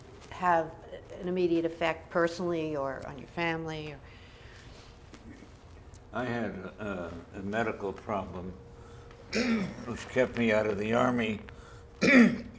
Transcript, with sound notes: have an immediate effect personally or on your family or—
I had a—a medical problem [clears throat] which kept me out of the Army [clears throat]
Uh-huh.